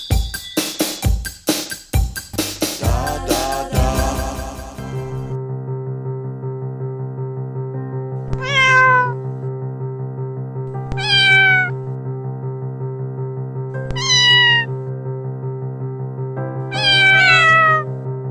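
A burst of clattering, percussive music gives way to a steady low drone, over which a cat meows four times at even intervals, each meow a bright, wavering cry.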